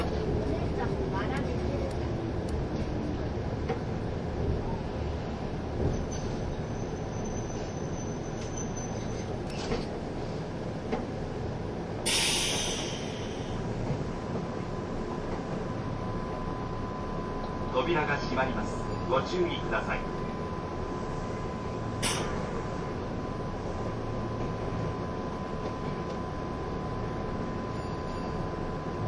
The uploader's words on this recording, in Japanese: 近鉄16000系 吉野特急4508レ 01/01:吉野～大阪阿部野橋。The 16000 series is the oldest class of Kintetsu limited express trains.This is the train running sound (still image) of the ``Yoshino Express''。列車走行音。